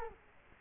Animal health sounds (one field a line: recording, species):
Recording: mosquito wingbeat signal from an infrared sensor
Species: Culex quinquefasciatus